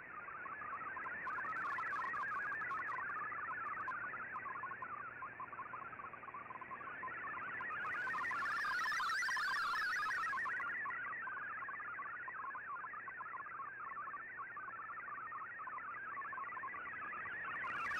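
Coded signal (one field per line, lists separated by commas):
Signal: multi-tone FSK (Olivia or MFSK type)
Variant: MFSK32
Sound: rapid burbling stream of short hopping tones around 1-2 kHz, steady throughout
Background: radio static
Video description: Here is my decode of the Shortwave Radiogram broadcast today on 15770Khz shortwave radio at 1330UTC in MFSK32 and 64 with 10 SSTV images.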